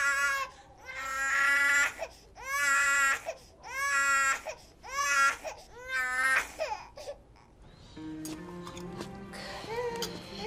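A baby being nursed cries in loud, high-pitched wailing bursts, about six in a row separated by short breaths, before the crying gives way to a steadier, quieter tonal sound.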